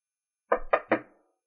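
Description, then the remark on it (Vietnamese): Three quick, evenly spaced knocks on a door, each a solid hollow thud with a short ringing tail, heard on their own against silence. “Đúng lúc đó có tiếng gõ cửa”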